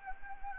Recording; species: mosquito wingbeat signal from an infrared sensor; Anopheles gambiae